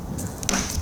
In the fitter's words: all we do is pull it straight down towards the window like that and you'll feel it lock